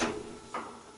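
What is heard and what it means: The right-hand cabinet holding clip is being tapped with a screwdriver into the cabinet frame of a Whirlpool washing machine. A brief noisy rustle opens the clip, then a single sharp tap lands at 0.6 s and fades. Nothing has seated or clicked yet; the clip is not yet home.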